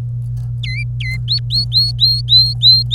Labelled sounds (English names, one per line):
Domestic Canary song